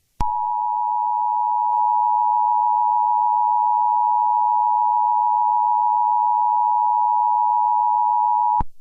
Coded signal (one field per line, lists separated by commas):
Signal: Emergency Alert System (SAME) tones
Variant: 853 and 960 Hz attention tone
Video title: EAS Scenario - The Large Tsunami